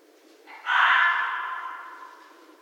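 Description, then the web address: Red fox call: a single hoarse, rasping scream that bursts out abruptly and then fades gradually over more than a second. Recorded 11 January 2012. "Red Fox 2012 01 11 Red Fox long"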